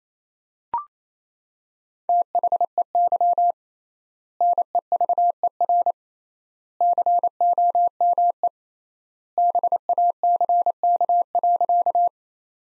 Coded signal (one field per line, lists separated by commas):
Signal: Morse code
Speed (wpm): 28 wpm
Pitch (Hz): 700 Hz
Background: none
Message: THEY NEVER COME BACK.